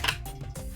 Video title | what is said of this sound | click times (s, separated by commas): - Dyson V11™ Absolute Cordless Vacuum Cleaner - Unboxing - Assembly - Demo - | until you hear another click | 0.1 s